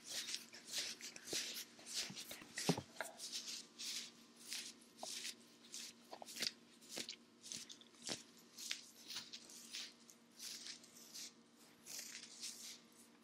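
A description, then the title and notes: Ear massage sounds: dense, continuous soft rubbing and squishing with bright crackly brushes, irregular pulses, and a sharper tap near three seconds. ASMR Ear Massage for Sleep & Tingles Fluffy Paws 3dio Ear to Ear Sounds.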